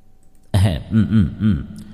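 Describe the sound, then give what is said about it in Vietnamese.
At nightfall, a person clears their throat: an abrupt, raspy onset followed by three short, evenly spaced voiced grunts, each swelling and fading, fairly loud and alone with no talking. “âm quan và Tiểu Chu đã quay lại, nhìn hai người vẫn còn tỉnh tứ, hắng giọng”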